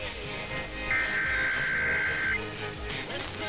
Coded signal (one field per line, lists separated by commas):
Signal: Emergency Alert System (SAME) tones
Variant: header bursts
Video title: Tests & Storms Episode 16: Perfect Return From The East - 8/2/2023